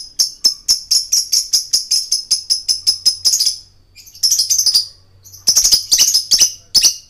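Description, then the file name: Lovebird chattering with fast, evenly repeated shrill chirps, then two denser buzzy, squealing bursts after short pauses. Male lovebird in continuous, prolific singing style called gacor. "suara lovebird jantan gacor"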